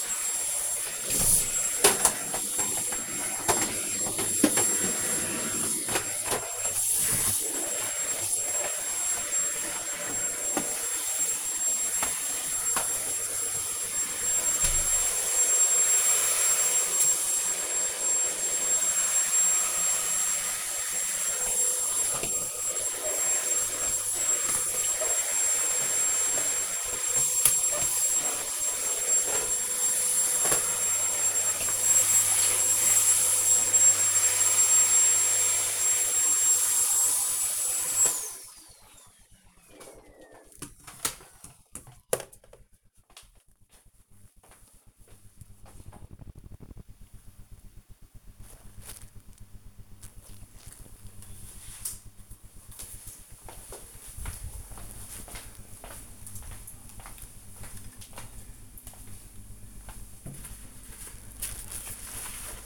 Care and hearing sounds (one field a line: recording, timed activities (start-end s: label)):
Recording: household activities, microphone on the right wrist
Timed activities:
0.00-37.98 s: vacuum cleaning